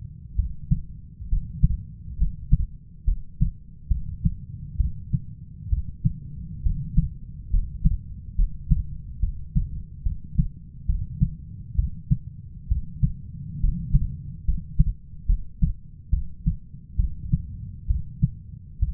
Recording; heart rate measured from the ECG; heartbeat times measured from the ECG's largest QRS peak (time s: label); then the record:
heart sounds by stethoscope; 68 bpm
0.35 s: heartbeat
1.28 s: heartbeat
2.17 s: heartbeat
3.04 s: heartbeat
3.88 s: heartbeat
4.77 s: heartbeat
5.69 s: heartbeat
6.62 s: heartbeat
7.50 s: heartbeat
8.35 s: heartbeat
9.20 s: heartbeat
10.03 s: heartbeat
10.86 s: heartbeat
11.75 s: heartbeat
12.68 s: heartbeat
13.60 s: heartbeat
14.44 s: heartbeat
15.26 s: heartbeat
16.10 s: heartbeat
16.96 s: heartbeat
17.87 s: heartbeat
18.79 s: heartbeat
From the record:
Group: healthy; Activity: rest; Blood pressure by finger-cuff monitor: 140/72 mmHg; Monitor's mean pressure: 91 mmHg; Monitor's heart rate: 68 bpm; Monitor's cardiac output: 5.7 L/min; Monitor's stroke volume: 84 mL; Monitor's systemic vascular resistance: 1160 dyn s/cm5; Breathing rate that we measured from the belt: 10 breaths a minute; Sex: female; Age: 37 years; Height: 168 cm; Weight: 70 kg